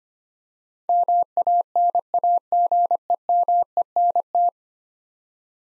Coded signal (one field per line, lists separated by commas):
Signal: Morse code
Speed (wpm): 25 wpm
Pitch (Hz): 700 Hz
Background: none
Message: MANAGEMENT